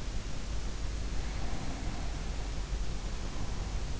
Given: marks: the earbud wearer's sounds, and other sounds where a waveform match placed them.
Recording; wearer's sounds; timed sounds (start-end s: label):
sounds in sleep by an in-ear microphone; breath
1.20-3.93 s: breath